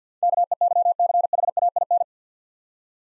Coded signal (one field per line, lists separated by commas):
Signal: Morse code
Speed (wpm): 48 wpm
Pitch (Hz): 700 Hz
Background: none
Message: KEYCHAIN